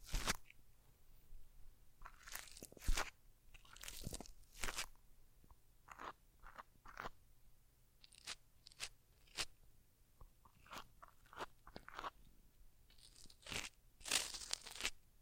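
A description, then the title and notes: Crisp crackles and taps from handling cork and tiny bottles, with brief brushing scrapes. The sharp, crunchy bursts come irregularly every fraction of a second across the whole clip, louder around the start, three seconds and fourteen seconds, over a faint low hum. ASMR Tiny Mics - Mighty Tingles Mic Testing（No Talking）. Cork. Tiny bottles. Brushing.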